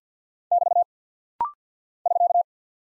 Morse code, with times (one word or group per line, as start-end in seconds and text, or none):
0.5-0.8 <BT>
2.1-2.4 <SK>